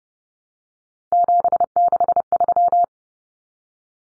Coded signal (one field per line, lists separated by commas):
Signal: Morse code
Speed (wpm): 30 wpm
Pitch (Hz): 700 Hz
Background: none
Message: 763